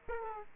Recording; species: mosquito wingbeat signal from an infrared sensor; Aedes aegypti